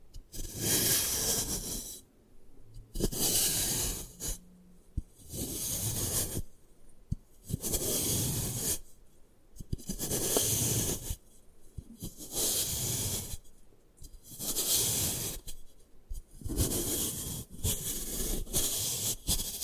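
Gym chalk is crushed and ground in rough, gritty scraping strokes, about one every two seconds, with brief silences and occasional sharp clicks.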